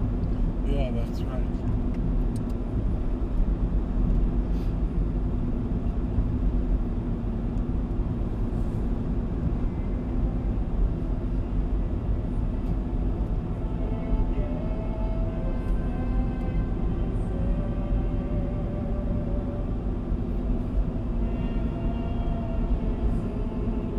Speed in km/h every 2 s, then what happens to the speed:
64, 63, 64, 64, 63, 63, 63, 64, 64, 64, 64, 64.
0-24 steady at about 64.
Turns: none.